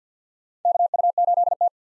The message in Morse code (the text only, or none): KU8T